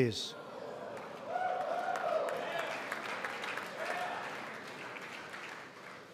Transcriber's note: applause